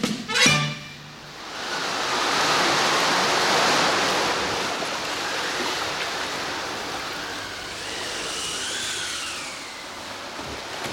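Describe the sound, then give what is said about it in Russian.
A sperm whale surfacing to breathe dead ahead blows a large spout: a sharp thump, then a loud, broad rushing whoosh of spray that settles into a steady sea-like hiss, with faint wavering whistles rising and falling near the end. “Прямо по курсу большой фонтан. Кашалот должен подниматься на поверхность, чтобы дышать. Он выпускает фонтаны воды, затем набирает воздух и снова уходит на глубину.”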